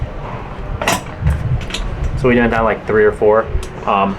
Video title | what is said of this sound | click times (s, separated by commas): Tattoo Arm Rest Review and Comparison | but once you go down a couple notches you can actually hear it click | 0.8 s, 0.9 s, 1.7 s